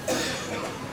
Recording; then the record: coughing mixed with background sound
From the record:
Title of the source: Cough Around the Clock!